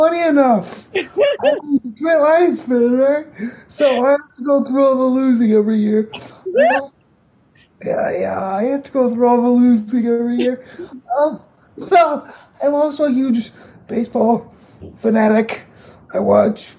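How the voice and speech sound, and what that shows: A 22-year-old man speaks with dysarthria from cerebral palsy, which makes his muscles tight and talking harder. His speech is slow and effortful, with drawn-out vowels, a fairly high voice and frequent pauses between phrases.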